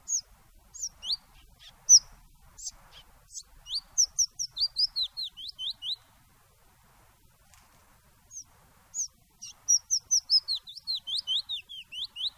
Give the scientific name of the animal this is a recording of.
Phylloscopus trochilus